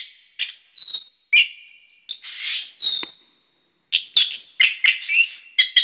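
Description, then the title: Bird song, mixed whistles and a long drawn note, a pause, then a flurry of rapid sharp chirps. "SuaraBurung Kicau4"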